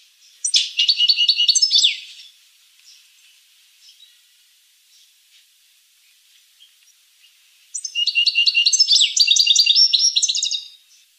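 Finch song: two loud bursts of fast buzzy trills, each about one and a half to three seconds long, separated by several seconds of near silence.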